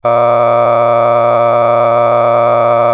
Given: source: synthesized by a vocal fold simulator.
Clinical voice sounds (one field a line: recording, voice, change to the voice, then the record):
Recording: sustained vowel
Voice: male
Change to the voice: a random mix of aspiration noise, stiffness perturbation and strain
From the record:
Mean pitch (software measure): 118 Hz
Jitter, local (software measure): 2.47%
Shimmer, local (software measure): 7.7%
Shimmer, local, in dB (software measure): 0.58 dB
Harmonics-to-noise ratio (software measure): 11.8 dB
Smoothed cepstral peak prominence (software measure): 15.7 dB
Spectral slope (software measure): -16.6 dB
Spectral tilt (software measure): -11.5 dB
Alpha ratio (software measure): -7.1 dB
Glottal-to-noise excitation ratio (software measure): 0.971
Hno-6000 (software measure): 2.2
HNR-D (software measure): 23.7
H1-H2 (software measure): 4.3 dB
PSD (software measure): 1.8e-04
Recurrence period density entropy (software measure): 0.108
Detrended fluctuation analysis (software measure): 0.0447